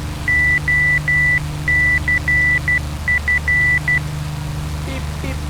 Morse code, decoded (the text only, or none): OCF